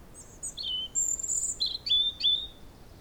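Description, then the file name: European robin singing a rapid phrase of very high, thin notes: sustained pure whistles alternating with short twittery trills and slurred notes. "Erithacus rubecula"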